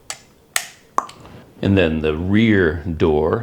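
A GoPro action camera's battery door is pushed back into place and snaps shut with sharp clicks at 0.6 and 1.0 seconds, after a softer tap near 0.1 seconds, so the door is seated. Someone then talks.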